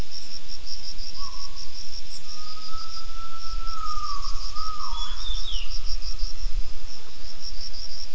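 Gibbon call: a long whistled note gliding slowly upward, then sliding down, with a steady pulsing insect chorus throughout.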